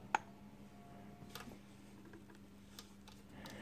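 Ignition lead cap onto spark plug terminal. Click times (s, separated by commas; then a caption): 0.2 s. An HT ignition lead cap (boot) is pushed down onto a spark plug terminal, and it is tight. It gives a sharp click at 0.2 s as it seats fully, followed by fainter ticks around 1.4 s and 2.8 s over a steady low hum.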